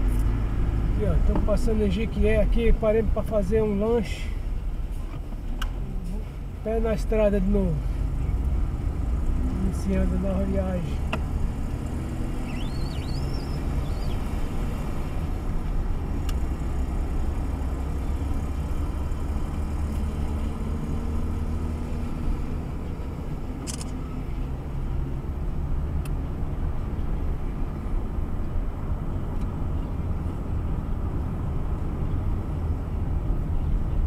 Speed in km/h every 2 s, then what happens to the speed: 21, 11, 14, 21, 24, 29, 32, 32, 32, 31, 28, 29, 32, 33, 33, 32, 31.
0-2 brakes to 11. 3-12 speeds up to 32. 12-34 steady at about 32.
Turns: none.